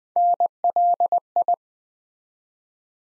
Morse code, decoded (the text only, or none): NLI